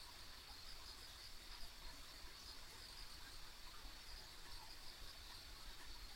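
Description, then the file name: Insects produce a soft, continuous high buzzing trill, slightly hazy and uniform, with low background rumble. Ambient insect sounds on a country road. "田舎道の虫の環境音"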